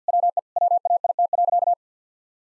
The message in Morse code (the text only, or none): WE WAIT.